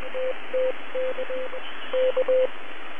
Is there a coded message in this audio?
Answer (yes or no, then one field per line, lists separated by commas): yes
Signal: Morse code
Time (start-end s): 0.2-2.5 s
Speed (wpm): 20 wpm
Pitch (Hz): 510 Hz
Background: radio noise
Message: TTK K